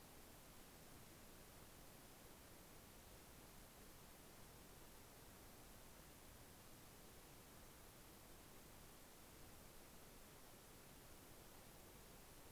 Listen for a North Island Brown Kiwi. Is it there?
no